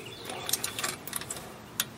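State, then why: Torque reached. A click-type torque wrench set to 22 ft-lb tightens the tie rod bolt on a VW Beetle spindle. Several ratchet strokes tick between about 0.5 and 1.3 s. The wrench gives a sharp click at 1.8 s, confirming the bolt has reached torque.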